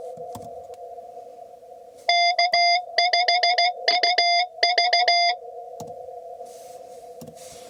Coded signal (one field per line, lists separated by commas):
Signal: Morse code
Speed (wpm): 16 wpm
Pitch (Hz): 2100 Hz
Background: none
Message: K5UV